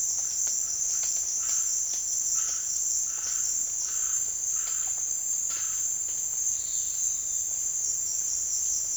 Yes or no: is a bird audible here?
no